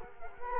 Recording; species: mosquito wingbeat signal from an infrared sensor; Culex quinquefasciatus